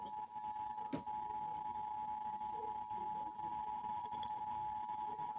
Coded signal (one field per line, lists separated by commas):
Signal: Emergency Alert System (SAME) tones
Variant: 853 and 960 Hz attention tone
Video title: BIRTHDAY AMBER ALERT MADNESS(EAS Alerts from 3-24-25.) EAS #547-553